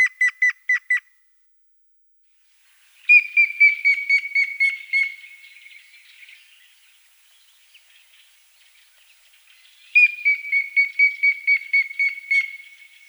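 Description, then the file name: Grey-headed woodpecker calling in whistled series gently falling in pitch, three series: a short first one of about five quick notes, then two longer ones of several notes each, with pauses between. Russia. "Pticy Rossii - Sedoj dyatel Picus canus"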